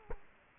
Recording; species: mosquito wingbeat signal from an infrared sensor; Culex quinquefasciatus